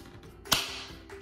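A screwless plastic faceplate clipped onto an outlet sub-plate is pulled by its bottom edge, the same way as at the top. Its lower clip releases with a sharp pop at 0.5 s. A faint tap comes just before it, and a lighter click follows near the end.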